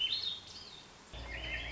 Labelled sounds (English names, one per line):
Swainson's Thrush